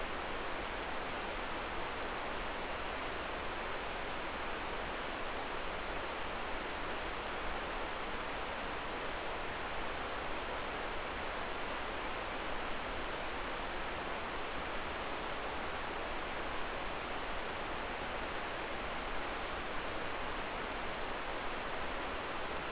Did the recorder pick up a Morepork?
no